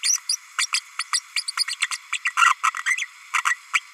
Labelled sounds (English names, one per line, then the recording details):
Green-rumped Parrotlet babbling
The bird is a female
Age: 32 days
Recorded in a nest box in Venezuela
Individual 17B32A5